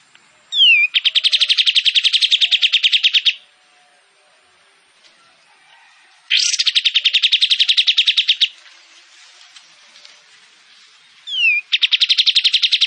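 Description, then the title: Kapas tembak: songbird song in three bursts: fast, machine-gun-like trills of high pulsed notes, the first and last opened by a brief falling whistle, separated by quiet gaps. Singing actively; shooting-style song (tembakan) and long besetan phrases; clear audio intended as tutor material for training Oriental magpie-robins to copy. "KAPAS TEMBAK GACOR TEMBAKAN DAN BESETAN PANJANG AUDIO KERNIH COCOK UNTUK MASTERAN MURAI BATU"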